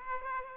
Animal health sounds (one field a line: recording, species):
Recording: mosquito wingbeat signal from an infrared sensor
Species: Aedes aegypti